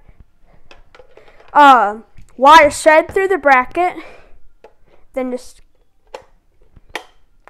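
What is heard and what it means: A plastic System Sensor SpectrAlert Classic P1224MC fire alarm horn/strobe unit is pushed onto its mounting bracket after its wires have been fed through the bracket. Someone talks, and after a pause a sharp, loud click is heard at about 7.0 seconds as the unit snaps in and seats on the bracket.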